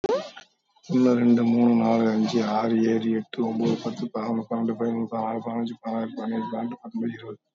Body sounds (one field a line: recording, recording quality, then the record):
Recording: counting at a fast pace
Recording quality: excellent, no background noise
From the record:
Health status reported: COVID-19 positive, mild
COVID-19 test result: positive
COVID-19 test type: RT-PCR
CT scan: taken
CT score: 13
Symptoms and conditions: cough, sore throat, fatigue, loss of smell and taste, diabetes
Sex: male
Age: 51 years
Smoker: no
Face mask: worn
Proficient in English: yes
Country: India